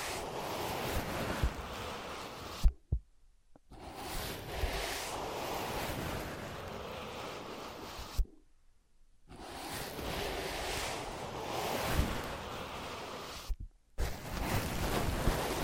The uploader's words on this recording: ASMR Using Ear Pads as Your Ears Tapping, Scratching, Tracing (No Talking).